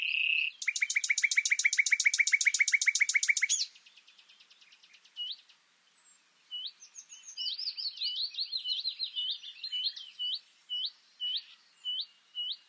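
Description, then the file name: Common nightingale song: a pure whistle, then a loud, fast, harsh rattle for three seconds, followed by softer varied notes and a row of sharp repeated upswept chips. "Luscinia megarhynchos"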